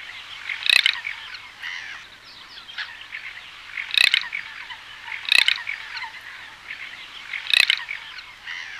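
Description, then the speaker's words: Garganey rasping calls, dry comb-like rattles repeated four times at irregular intervals, with fainter sounds between. Comb-like rasping call, likened to running a fingernail along the teeth of a comb. "Se on tuommoinen narina. Tähän on yksi hyvä vastaus. Se on ihan samanlainen kuin vetäisi kynnellä kampaa, kamman piikkejä."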